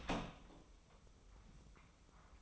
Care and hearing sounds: daily activity, microphone in the room; open door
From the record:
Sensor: 1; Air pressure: 996.1 hPa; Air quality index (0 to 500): 60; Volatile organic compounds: 3 ppm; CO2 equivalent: 1460 ppm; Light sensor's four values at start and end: 14/33/14/16 and 14/33/14/16

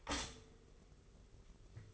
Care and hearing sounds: daily activity, microphone in the room; stop toaster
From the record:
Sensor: 4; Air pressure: 991.5 hPa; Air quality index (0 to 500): 136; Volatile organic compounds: 52 ppm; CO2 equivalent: 3328 ppm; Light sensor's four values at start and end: 16/52/20/19 and 16/51/19/19

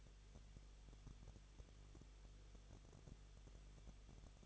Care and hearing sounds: daily activity, microphone in the room; no activity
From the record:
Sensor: 4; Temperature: 23.0 degrees Celsius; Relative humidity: 34.4%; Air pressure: 1007.3 hPa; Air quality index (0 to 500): 214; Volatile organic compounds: 14 ppm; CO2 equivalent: 2458 ppm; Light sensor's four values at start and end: 2/3/1/1 and 2/3/1/1

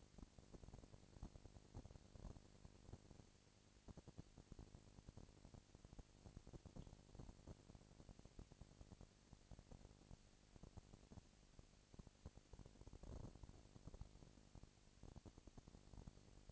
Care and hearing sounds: daily activity, microphone in the room; no activity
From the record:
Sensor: 5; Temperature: 20.1 degrees Celsius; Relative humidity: 38.2%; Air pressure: 998.9 hPa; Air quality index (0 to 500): 218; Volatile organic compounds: 24 ppm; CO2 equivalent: 2805 ppm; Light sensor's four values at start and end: 2/3/1/1 and 2/3/1/1

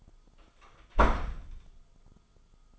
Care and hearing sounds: daily activity, microphone in the room; close door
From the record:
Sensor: 5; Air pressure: 1005.0 hPa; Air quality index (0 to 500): 103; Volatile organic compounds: 2 ppm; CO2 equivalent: 1255 ppm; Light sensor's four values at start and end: 34/80/32/31 and 34/80/32/31

